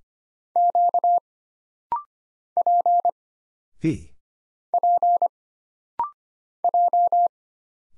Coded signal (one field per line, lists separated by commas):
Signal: Morse code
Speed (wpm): 25 wpm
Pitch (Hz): 700 Hz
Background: none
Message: Q P P J